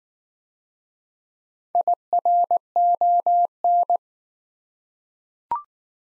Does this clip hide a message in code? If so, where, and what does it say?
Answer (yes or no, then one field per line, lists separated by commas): yes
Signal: Morse code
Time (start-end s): 1.7-4.0 s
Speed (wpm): 19 wpm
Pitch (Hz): 700 Hz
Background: none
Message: IRON